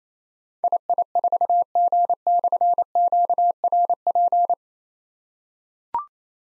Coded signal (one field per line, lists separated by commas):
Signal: Morse code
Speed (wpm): 29 wpm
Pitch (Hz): 700 Hz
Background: none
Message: II4G/QRP